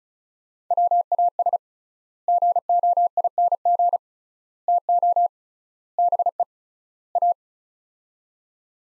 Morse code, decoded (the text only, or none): WAS GOING TO BE A